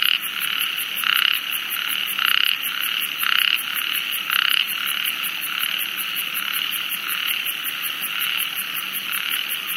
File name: ornate narrow-mouthed toad